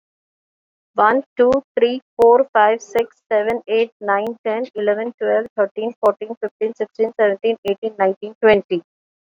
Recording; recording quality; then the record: counting at a fast pace; excellent, no background noise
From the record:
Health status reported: recovered from COVID-19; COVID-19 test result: positive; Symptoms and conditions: none ticked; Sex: female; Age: 50 years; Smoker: not ticked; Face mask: worn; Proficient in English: yes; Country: India